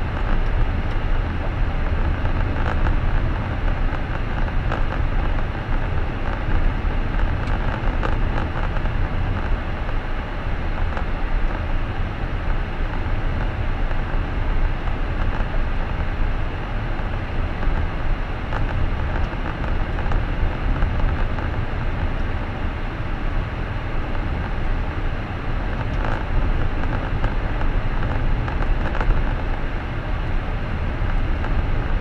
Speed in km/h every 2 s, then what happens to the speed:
39, 39, 38, 38, 38, 37, 36, 37, 39, 40, 41, 43, 43, 43, 42, 41.
0-12 steady at about 38. 12-22 speeds up to 43. 22-32 steady at about 43.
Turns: none.